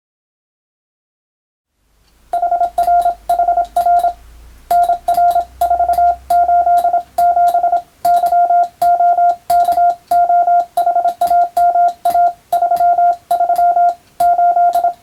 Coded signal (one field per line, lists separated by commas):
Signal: Morse code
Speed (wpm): 27 wpm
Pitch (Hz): 700 Hz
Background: none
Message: HRHR NR48 7 YOKOHAMA 33 8